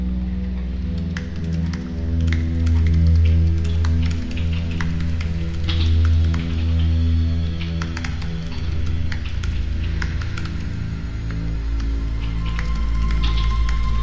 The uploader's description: typing in our corona covid virus quarantine home office, plus some improvised music